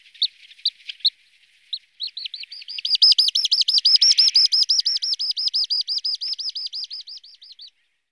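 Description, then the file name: Sandpiper calling: a few scattered high notes, then a fast, rhythmic trill of rolling repeated notes that fades toward the end. "Calidris"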